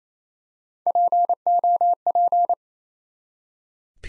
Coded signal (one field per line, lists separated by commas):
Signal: Morse code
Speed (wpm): 29 wpm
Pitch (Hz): 700 Hz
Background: none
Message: POP